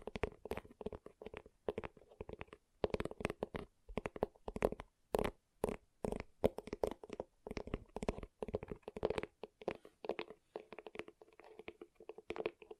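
Gentle tapping in quick, irregular bursts of soft knocks, with brief pauses, including a short gap near five seconds, and a faint hollow tone.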